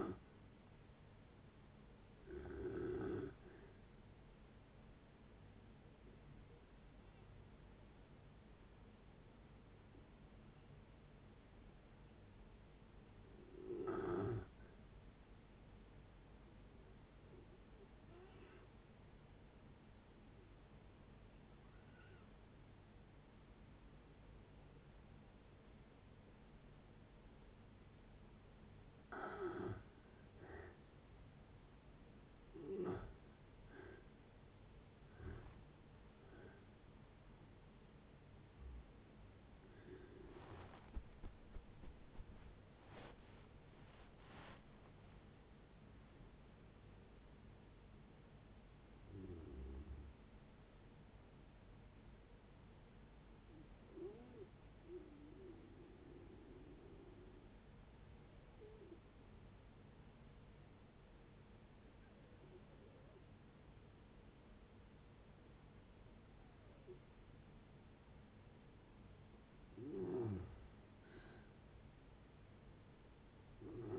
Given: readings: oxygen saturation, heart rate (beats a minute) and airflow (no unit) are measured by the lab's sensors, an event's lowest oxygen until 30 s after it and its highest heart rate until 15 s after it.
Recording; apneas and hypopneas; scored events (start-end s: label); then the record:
breathing in sleep by a voice recorder at the bedside; 2
4.00-32.80 s: hypopnea (N1, oxygen 96% highest, then 85% lowest, heart rate 71 at the start, 78 highest)
11.00-41.00 s: new sleep stage, N2 (light sleep)
41.00-71.00 s: new sleep stage, N1 (lightest sleep)
55.00-69.90 s: hypopnea (N1, oxygen 97% highest, then 89% lowest)
71.00-73.99 s: new sleep stage, N2 (light sleep)
From the record:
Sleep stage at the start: N1 (lightest sleep); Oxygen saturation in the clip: 84 to 97%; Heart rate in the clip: 55 to 78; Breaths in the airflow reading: 16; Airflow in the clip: -12.0 to 13.4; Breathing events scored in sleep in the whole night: 496 in 5.4 hours asleep